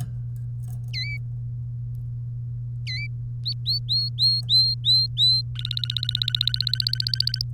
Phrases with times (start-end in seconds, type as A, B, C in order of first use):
0.93-1.18 A, 2.87-3.07 A, 3.45-5.42 B, 5.56-7.42 C